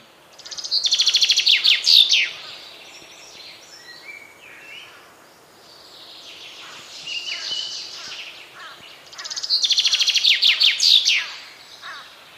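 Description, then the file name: Common chaffinch singing two full phrases several seconds apart, each a rapid run of sharp notes ending in a flourish, with quieter bird sounds between them. "Fringilla coelebs"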